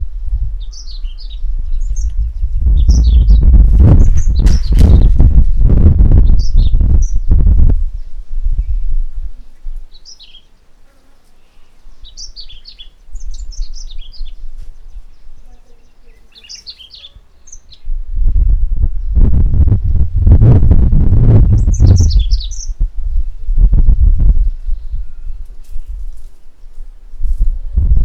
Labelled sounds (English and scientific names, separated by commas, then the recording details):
White-bellied Canary (Crithagra dorsostriata)
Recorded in northern Uganda